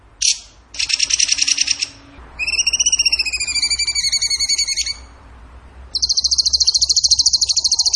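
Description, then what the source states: Bird song mixing a brief chip, a buzzy trill, a rich whistled phrase of pulsed notes, and a final fast high trill. Masteran (training recording) of bird song in the tembakan gacor style.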